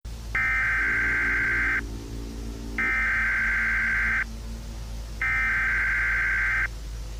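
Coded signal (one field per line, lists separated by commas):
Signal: Emergency Alert System (SAME) tones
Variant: header bursts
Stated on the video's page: Fictional EAS scenario about a catastrophic hurricane; may contain valid EAS tones.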